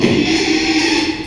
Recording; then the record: squeal of a Yucatan mini pig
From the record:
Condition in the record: after surgery on the right vocal fold (resection and tissue-engineered implant); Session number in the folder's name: 2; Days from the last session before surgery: 13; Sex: male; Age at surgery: 12 weeks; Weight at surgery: 13 kg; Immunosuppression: cyclosporine, prednisolone